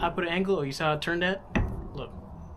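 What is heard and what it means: Someone talks while working an internal part into the power steering pump housing of a 1999–2007 Mitsubishi Montero/Pajero, putting it in at an angle and turning it. A short low knock from handling comes around 1.6 seconds, followed by quieter handling noise. The part has not yet seated or clicked into place.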